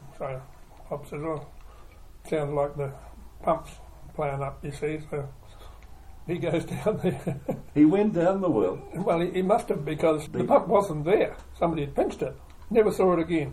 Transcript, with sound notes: So Pop says “oh – sounds like the pump’s playing up”, you see, so he goes down there [chuckle] He went down the well? Well he must’ve, because the pump wasn’t there – somebody had pinched it. Never saw it again.